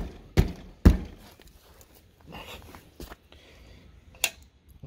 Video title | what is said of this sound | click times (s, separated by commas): Harley Davidson Dock Locking Latches | okay so we got that one locked in now this is the stock so there's no | 4.2 s